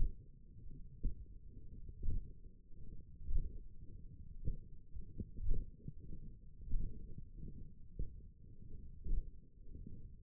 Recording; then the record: forearm muscle sounds (acoustic myography)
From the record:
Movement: radial deviation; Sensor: system 1, eight BSWA MPA416 microphones around the upper forearm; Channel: 1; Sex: male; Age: 18 years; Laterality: right